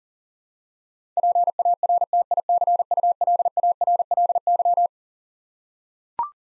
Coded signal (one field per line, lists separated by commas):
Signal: Morse code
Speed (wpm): 40 wpm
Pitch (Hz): 700 Hz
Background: none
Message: PARTICULARLY